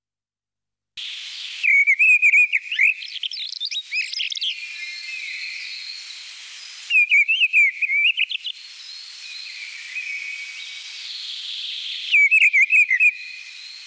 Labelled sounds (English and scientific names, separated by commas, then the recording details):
Mistle Thrush (Turdus viscivorus) song
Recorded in the wild
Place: Kandel /Schwarzwald; Waldkirch, Baden-Württemberg, DE
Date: 1978-04-29
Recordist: Schwarz, Dieter